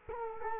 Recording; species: mosquito wingbeat signal from an infrared sensor; Culex quinquefasciatus